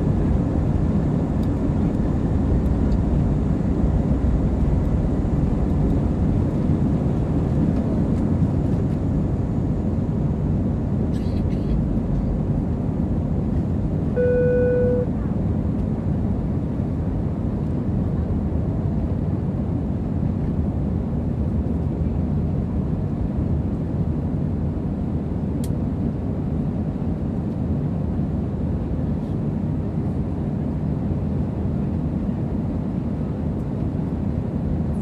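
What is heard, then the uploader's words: A steady, deep roar of a plane in flight fills the whole clip, heavy in the low end and unchanging in level. A faint high whine fades out around eleven seconds, and a brief soft tone sounds near fifteen seconds. Full Flight From Ft.Lauderdale To Cancun. Talking Sounds, White Noise, Plane Sounds, Flight Sounds, Flight Announcements, Chatting, Engine Sounds, Mechanical Sounds.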